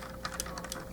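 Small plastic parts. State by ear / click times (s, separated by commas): not seated / none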